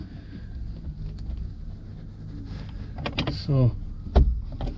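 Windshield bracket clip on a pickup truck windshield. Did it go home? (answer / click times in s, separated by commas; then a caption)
no / none. Pliers squeeze a windshield bracket clip on a 2004 Ford F-250 pickup truck during a windshield replacement, holding the bottom while the top is pushed in. Someone talks over low rumble, with a burst of sharp plastic-and-metal taps around 3.0–3.3 s and another sharp knock near 4.2 s. Nothing has seated or clicked into place yet.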